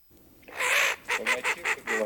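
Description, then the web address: Eurasian wigeon calling: a longer drawn note followed by five short notes in quick succession. Recording made for an electronic duck decoy caller chip. "Свиязь Fischione. plurifon"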